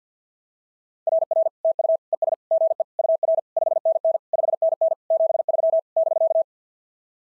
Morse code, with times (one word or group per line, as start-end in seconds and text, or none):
1.1-1.5 RR
1.6-2.0 TU
2.1-2.3 ES
2.5-2.8 GE
3.0-3.4 UR
3.6-4.2 5NN
4.3-4.9 5NN
5.1-5.8 73
6.0-6.4 <BK>